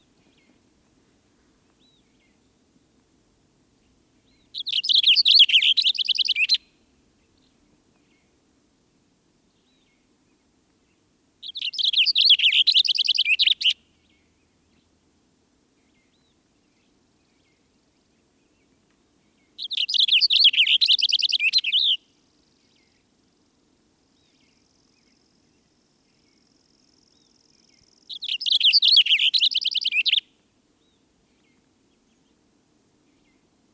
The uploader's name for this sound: Cassin's Finch